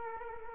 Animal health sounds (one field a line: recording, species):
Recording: mosquito wingbeat signal from an infrared sensor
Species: Culex quinquefasciatus